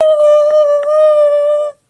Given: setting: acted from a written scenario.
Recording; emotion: vocal sound without words; ecstasy